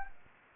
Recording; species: mosquito wingbeat signal from an infrared sensor; Anopheles arabiensis